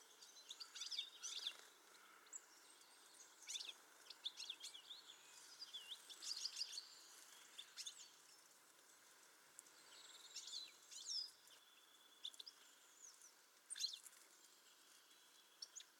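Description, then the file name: European goldfinch twittering song, a quiet run of high tinkling, buzzy and liquid notes in scattered bursts over steady background hiss. "Carduelis carduelis"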